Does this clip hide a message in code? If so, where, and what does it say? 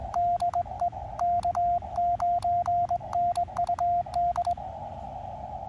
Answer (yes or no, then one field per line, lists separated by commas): yes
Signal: Morse code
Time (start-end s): 0.2-4.5 s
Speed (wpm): 21 wpm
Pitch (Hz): 700 Hz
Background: radio noise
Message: DE K9NUD